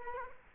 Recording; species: mosquito wingbeat signal from an infrared sensor; Culex quinquefasciatus